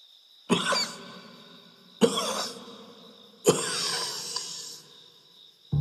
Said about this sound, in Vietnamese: Tiếng ho khan khô khốc và trời trạc.